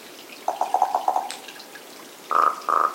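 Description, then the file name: Common raven giving a quick series of hollow knocking notes, followed after a pause by two clear, bell-like ringing calls. "Common Raven - Corvus corax"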